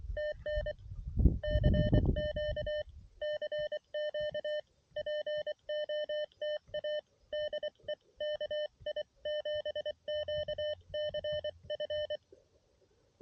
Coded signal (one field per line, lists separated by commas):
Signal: Morse code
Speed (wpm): 24 wpm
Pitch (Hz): 600 Hz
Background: none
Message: TN CQ CQ POTA DE KI7QCF